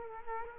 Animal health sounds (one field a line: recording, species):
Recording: mosquito wingbeat signal from an infrared sensor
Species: Culex quinquefasciatus